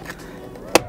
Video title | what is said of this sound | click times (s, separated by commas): HOW TO REPLACE YOUR SIDE MIRROR CAPS ON A BMW? | there you go if you guys can see it popped out | 0.8 s